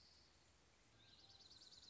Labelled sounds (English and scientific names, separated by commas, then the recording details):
Dark-eyed Junco (Junco hyemalis)
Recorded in Sonoma County, California